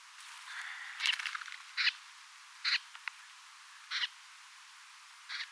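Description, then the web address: Snipe calls: short, hoarse, rasping notes given about once a second, with a softer tonal sound at the start. Compilation of recordings from 5 October 2024; many snipes present, reportedly including some pin-tailed snipes. "paivat 5 10 2024 kurppia paljon siella on joukossa tietaakseni joitakin suippopyrstokurppalintuja kooste"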